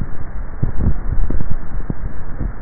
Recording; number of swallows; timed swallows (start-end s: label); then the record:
swallowing sounds by neck microphone; 1
0.62-1.45 s: swallow
From the record:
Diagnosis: dysphagia